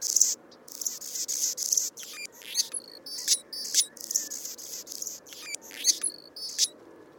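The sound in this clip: Anna's hummingbird singing a dry, wheezy, high-pitched series of buzzes and clicks, phrases following one another almost continuously with brief gaps.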